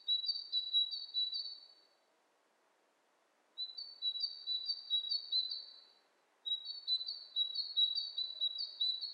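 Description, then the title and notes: Bird calls: high, sweet twittering trills in two interleaved lines, coming in three bouts of two to three seconds with short quiet gaps between them. Two birds interacting with each other; lo-fi recording. "bird dialogs. lo-fi recording of two birds interacting"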